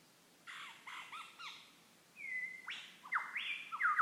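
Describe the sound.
Lyrebird song: a varied run of short squawky notes, then a clear level whistle and several loud sliding whistled phrases.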